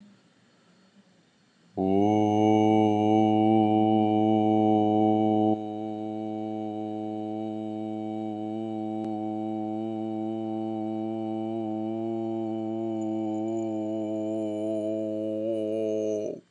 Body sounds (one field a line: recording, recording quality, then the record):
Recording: sustained vowel as in boot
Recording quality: moderate, slight background noise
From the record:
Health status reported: healthy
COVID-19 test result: not tested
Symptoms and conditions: none ticked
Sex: male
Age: 46 years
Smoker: not ticked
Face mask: not worn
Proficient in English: yes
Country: India